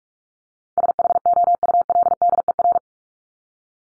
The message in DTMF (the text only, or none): none